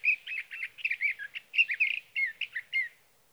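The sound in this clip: Sage thrasher song, a rapid run of varied warbled and chattering notes tumbling between high and mid pitch, continuous for about three seconds with no other sounds.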